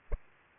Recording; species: mosquito wingbeat signal from an infrared sensor; Culex pipiens